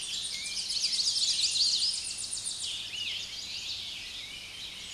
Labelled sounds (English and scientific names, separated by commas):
Tennessee Warbler (Leiothlypis peregrina) song